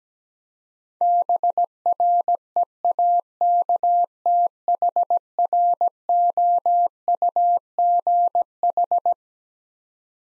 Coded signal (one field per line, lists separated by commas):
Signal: Morse code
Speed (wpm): 17 wpm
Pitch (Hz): 700 Hz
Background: none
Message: BREAKTHROUGH